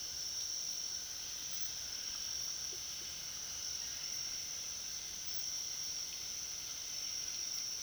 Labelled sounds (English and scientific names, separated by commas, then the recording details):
none
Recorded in pastures near Puerto Asís, Putumayo, Colombia, on 21 February 2024 at 06:00
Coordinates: 0.497, -76.327
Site G7276